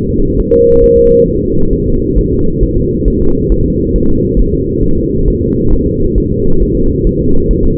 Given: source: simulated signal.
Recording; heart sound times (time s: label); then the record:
fetal heart sounds
0.10 s: S2
0.40 s: S1
0.54 s: S2
0.84 s: S1
0.98 s: S2
1.28 s: S1
1.42 s: S2
1.73 s: S1
1.88 s: S2
2.19 s: S1
2.33 s: S2
2.63 s: S1
2.78 s: S2
3.08 s: S1
3.22 s: S2
3.52 s: S1
3.66 s: S2
3.96 s: S1
4.10 s: S2
4.39 s: S1
4.53 s: S2
4.84 s: S1
4.98 s: S2
5.28 s: S1
5.42 s: S2
5.73 s: S1
5.87 s: S2
6.18 s: S1
6.32 s: S2
6.63 s: S1
6.77 s: S2
7.07 s: S1
7.21 s: S2
7.51 s: S1
7.65 s: S2
From the record:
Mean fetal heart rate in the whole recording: 135 bpm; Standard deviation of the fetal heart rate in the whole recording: 3 bpm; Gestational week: 36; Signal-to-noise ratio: -17.7 dB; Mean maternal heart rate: 72 bpm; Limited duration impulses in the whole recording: present